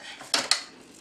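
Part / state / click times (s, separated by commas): plastic component pushed up into the vacuum cleaner body / seated / 0.3 s, 0.5 s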